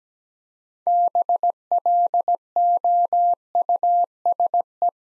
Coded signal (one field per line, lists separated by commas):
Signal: Morse code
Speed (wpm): 17 wpm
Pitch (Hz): 700 Hz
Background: none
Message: BLOUSE